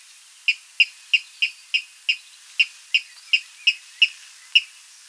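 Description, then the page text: Water rail calling: a steady string of sharp, high piping notes, about three a second. "Water Rail Calls. Quick Sounds"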